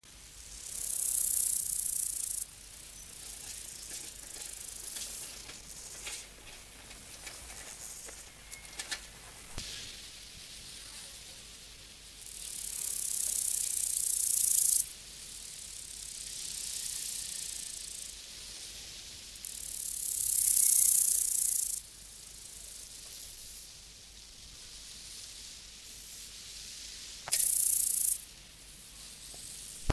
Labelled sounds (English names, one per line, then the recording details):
Orange-tipped Grasshopper stridulation
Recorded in the wild
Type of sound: stridulation
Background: Chorthippus dorsatus
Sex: male
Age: imago
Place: Buchorster Teiche, Brandenburg, DE
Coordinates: 52.6736, 13.3908
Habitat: pond
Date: 1983-08-27 12:12
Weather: sunny, 20°C
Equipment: Nagra SN (Automatic), Sennheiser MKH 416 T, Kopie Uher 4000 Report Monitor
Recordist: Tembrock, Günter
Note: Zwischen Mühlenbeck und Buchhorst, an den Teichen, am Weg. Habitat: xerotherme Biotop. Spontangesang